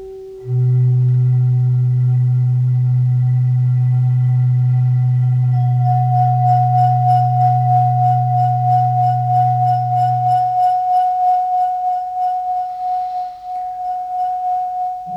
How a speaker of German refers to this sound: Unsägliches Quietschen in sehr langsamem Tempo. Unsägliches Quietschen in etwas schnellerem Tempo.